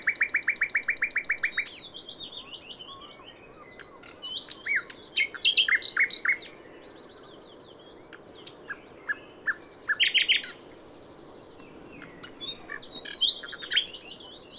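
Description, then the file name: Common nightingale song opening with a fast repeated-note trill, followed by phrases of whistles, clicks and buzzy notes separated by brief silences. "Luscinia megarhynchos"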